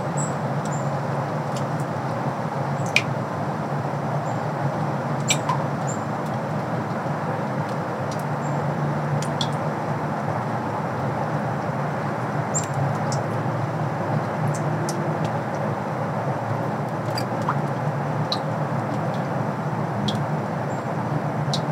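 Melting snow drips off a bridge, heard as sparse, thin, bright ticks scattered irregularly across the clip, a little more often around three, five, and twelve to eighteen seconds. Underneath runs a steady, low, dense rumble like passing traffic that never lets up.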